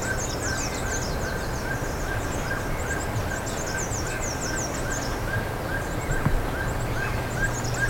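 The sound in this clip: Birds calling with rapid high, thin downslurred notes in dense bursts, over a steady low hum, a constant mid-pitched tone and broad background hiss.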